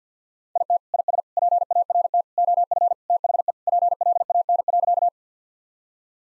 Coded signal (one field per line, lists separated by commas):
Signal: Morse code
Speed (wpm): 50 wpm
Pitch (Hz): 700 Hz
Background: none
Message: IT IS PART OF THE PLAN.